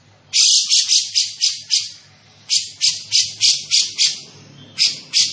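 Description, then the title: Grey-cheeked bulbul uttering grating notes in bursts of several, about three each second, with brief gaps between bursts. Bird vocalising actively and persistently (gacor), with a dense and clear voice. "Cucak Jenggot Gacor, Suara Rapat Dan Jernih"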